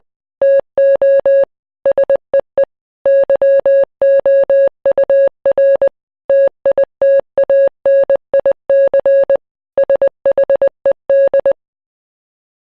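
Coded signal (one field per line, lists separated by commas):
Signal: Morse code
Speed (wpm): 20 wpm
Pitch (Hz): 550 Hz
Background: none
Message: TO SEE YOUR TITANIC SHED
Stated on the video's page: Heard at a Titanic exhibition that features a model of the ship's Marconi wireless room.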